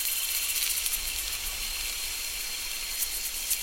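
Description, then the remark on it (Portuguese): A voice imitates rain with a steady, breathy hiss lasting several seconds, bright and even, with slight flickers of texture but no pauses or words. “Ah, eu sei imitar o barulho da chuva. É assim, ó.”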